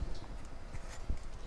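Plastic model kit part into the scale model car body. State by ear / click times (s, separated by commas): not seated / none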